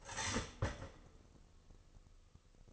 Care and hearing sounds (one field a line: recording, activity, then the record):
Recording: daily activity, microphone in the room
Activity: start toaster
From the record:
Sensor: 4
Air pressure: 1008.1 hPa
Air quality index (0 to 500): 109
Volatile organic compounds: 1 ppm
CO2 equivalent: 801 ppm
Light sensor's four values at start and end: 8/18/7/7 and 8/18/7/7